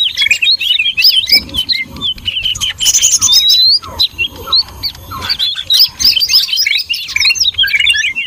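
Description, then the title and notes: Many birds calling at once, a busy jumble of sharp chirps, squeaky whistles and rapid twitters coming in bursts. Noisy chorus of many birds, used for luring (pikat) birds. "Burung Ribut Pikat"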